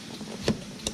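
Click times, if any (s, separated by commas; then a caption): none. A plastic LED turn-signal light for the side mirror of a Mercedes C230/C240 W203 C-Class Kompressor is lined up and handled against the mirror housing, with two brief sharp taps at about 0.5 s and 0.9 s over a faint steady background. Nothing has seated or clicked into the housing yet.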